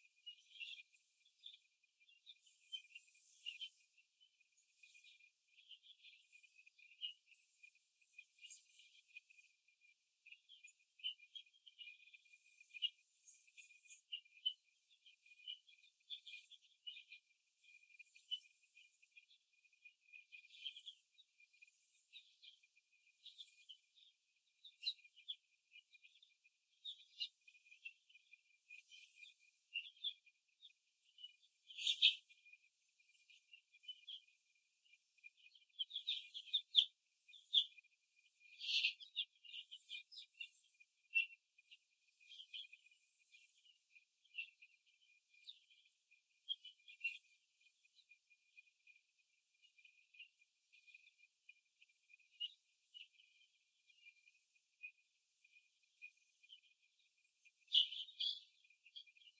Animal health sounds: young laying hens in a cage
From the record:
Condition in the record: after the stressor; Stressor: simulated dog barking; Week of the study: 2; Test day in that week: 2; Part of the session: 3

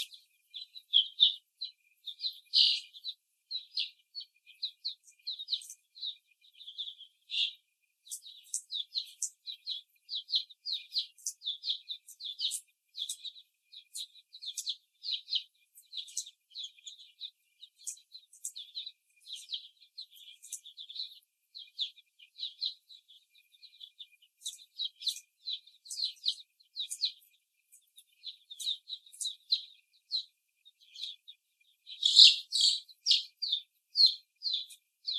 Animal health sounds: young laying hens in a cage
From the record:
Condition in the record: before the stressor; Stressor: simulated dog barking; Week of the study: 1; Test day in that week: 2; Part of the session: 3

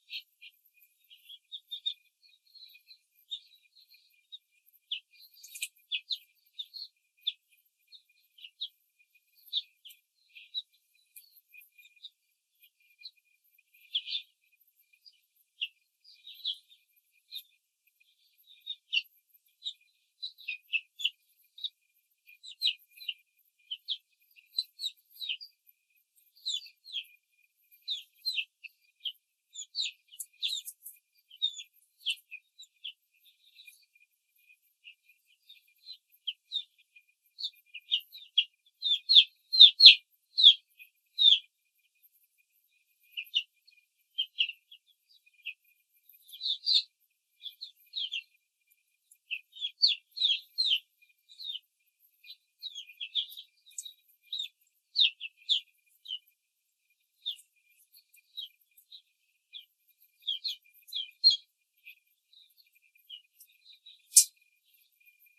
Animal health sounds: young laying hens in a cage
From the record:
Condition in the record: control cage, before the stress test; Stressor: none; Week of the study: 4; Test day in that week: 3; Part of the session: 1

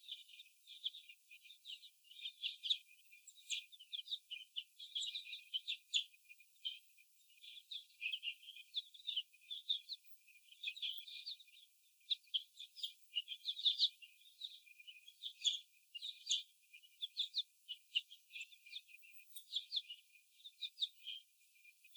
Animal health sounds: young laying hens in a cage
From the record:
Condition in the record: before the stressor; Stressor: sudden umbrella opening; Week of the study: 2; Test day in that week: 1

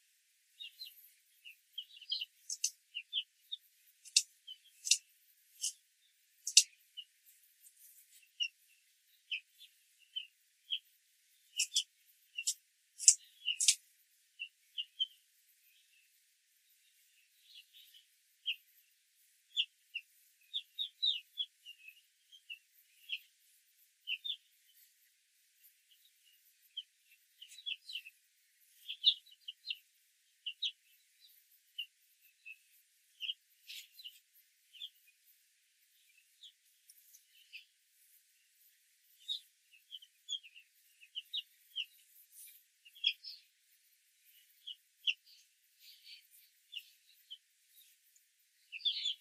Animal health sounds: young laying hens in a cage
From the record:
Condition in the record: control cage, after the stress test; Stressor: none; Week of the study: 4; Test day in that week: 1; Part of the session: 1

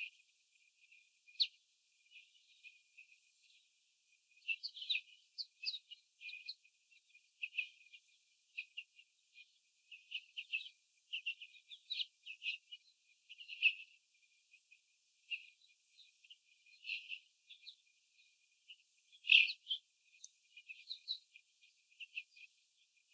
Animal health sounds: young laying hens in a cage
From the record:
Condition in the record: after the stressor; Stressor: sudden umbrella opening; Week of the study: 3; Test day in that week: 2

